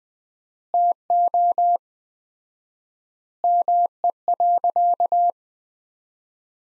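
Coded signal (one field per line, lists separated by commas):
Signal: Morse code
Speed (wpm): 20 wpm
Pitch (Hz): 700 Hz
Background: none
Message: TO ME.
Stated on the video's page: Morse practice at 20 wpm: sentences from the top 200 words with 4x standard word spacing, a word-level analogue of Farnsworth spacing.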